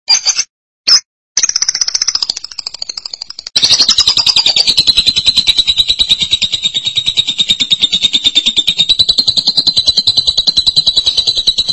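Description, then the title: Lovebird song: a couple of shrill chips, then sustained rapid, rasping high chatter that gradually drops slightly in pitch and continues steadily. "BM Suara Burung Lovebird"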